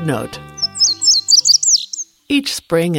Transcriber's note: Indigo Bunting song